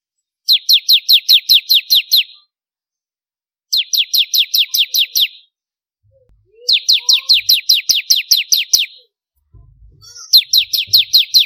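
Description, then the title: Prinia song: bright, downslurred high notes in fast bursts, four phrases separated by short pauses, with faint low thumps. "Kicau Ciblek Kristal"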